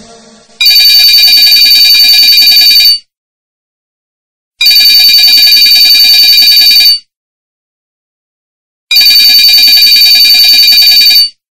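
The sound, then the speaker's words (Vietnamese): A telephone rings insistently in three loud, bright bursts, each a couple of seconds of rapid high-pitched trilling separated by short silent pauses. “Tiếng chuông điện thoại dồn dập vang lên, âm thanh cầu du.”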